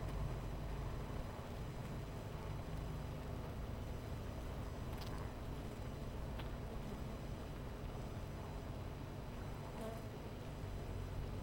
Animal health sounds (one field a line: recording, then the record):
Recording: honeybee colony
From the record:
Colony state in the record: missing queen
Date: 14 July 2017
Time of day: 11:35